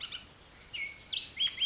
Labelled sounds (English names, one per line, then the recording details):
Bullock's Oriole
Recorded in Sonoma County, California